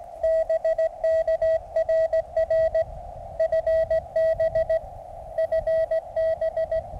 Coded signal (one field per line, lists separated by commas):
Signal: Morse code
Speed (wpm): 18 wpm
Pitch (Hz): 650 Hz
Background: radio noise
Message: BK RR FB FB